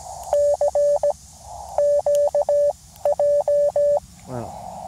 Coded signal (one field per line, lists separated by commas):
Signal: Morse code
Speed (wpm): 17 wpm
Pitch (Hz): 580 Hz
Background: radio noise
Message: C QJ